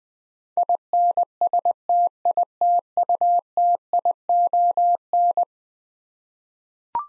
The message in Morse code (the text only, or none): INSTITUTION